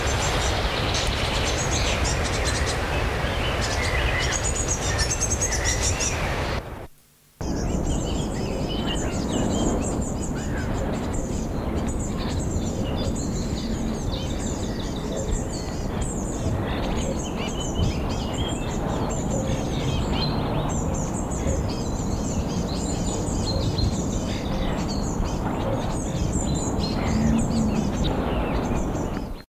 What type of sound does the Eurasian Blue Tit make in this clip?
song